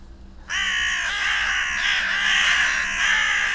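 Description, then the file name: Carrion Crow calls starting abruptly after a short quiet moment, then a sustained stream of grating caws until the end, with light background hum. "Corvus corone"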